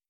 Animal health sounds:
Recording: hydrophone in a shrimp aquaculture tank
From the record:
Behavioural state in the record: starved

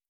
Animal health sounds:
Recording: hydrophone in a shrimp aquaculture tank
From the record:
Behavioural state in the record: starved

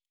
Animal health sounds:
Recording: hydrophone in a shrimp aquaculture tank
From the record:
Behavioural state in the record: normal

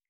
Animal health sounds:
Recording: hydrophone in a shrimp aquaculture tank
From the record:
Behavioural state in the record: starved

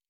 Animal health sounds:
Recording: hydrophone in a shrimp aquaculture tank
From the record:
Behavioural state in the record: normal

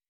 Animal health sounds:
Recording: hydrophone in a shrimp aquaculture tank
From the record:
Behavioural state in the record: weakened

